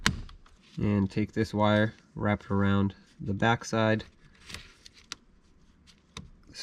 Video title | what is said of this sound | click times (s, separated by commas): How to Replace Ignition Switch 2007-14 Chevy Silverado | and lock it in now you can take it slide it up into the hole and click it in | 0.1 s